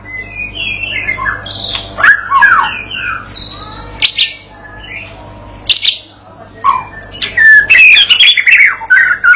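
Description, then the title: White-rumped shama song in scattered bursts of sliding whistles and sharp clicks, separated by short pauses, ending in a busy flurry. Training recording (masteran pancingan) for a young shama, meant to make it sing persistently and answer straight away. "MURAI BATU PAUD BELAJAR GACOR, AJARI DENGAN MASTERAN PANCINGAN INI, PANCING LANGSUNG NYAUT"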